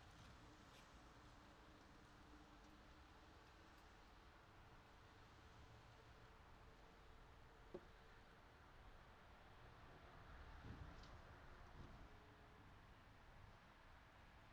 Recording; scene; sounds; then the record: everyday scene through a hearing-aid microphone; in traffic; traffic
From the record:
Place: city secondary road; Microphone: in the ear canal, right